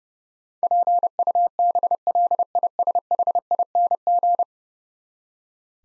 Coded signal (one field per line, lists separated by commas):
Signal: Morse code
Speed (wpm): 30 wpm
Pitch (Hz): 700 Hz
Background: none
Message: PUBLISHING